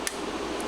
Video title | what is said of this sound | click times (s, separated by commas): What to do when you get your server | push down firmly and then you're gonna hear a click okay now that we know that the rate controller is in fact seated properly | 0.1 s